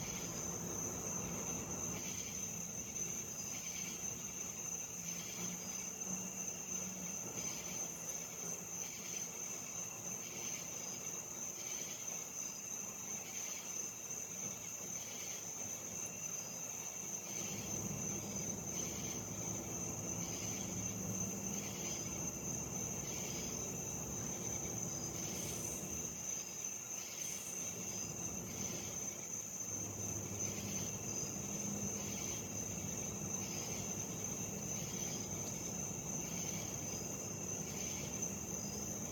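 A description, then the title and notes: A steady, piercing insect drone holds through the whole recording while cicadas and katydids add a regular, evenly spaced pulsing chirp on top. Underneath, a low rumble of traffic or an aircraft swells, growing heavier after about seventeen seconds and again near thirty. The background ambient sound is the cicada and katydid insect noises of the summer in the US south.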